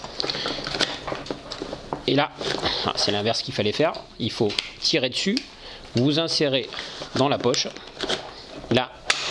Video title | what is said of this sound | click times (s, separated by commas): Avis sur le stab QUANTUM MARES | un petit clic et ici j'ai un verrou qui a parti qui apparaît en vert ce qui me permet d'être sûr que la poche et | 9.1 s